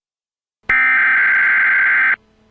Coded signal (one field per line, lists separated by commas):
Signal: Emergency Alert System (SAME) tones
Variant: header bursts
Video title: Emergency Alert System Informational Message